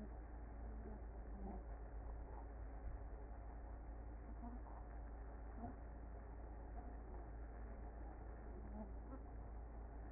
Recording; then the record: honeybee colony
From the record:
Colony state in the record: active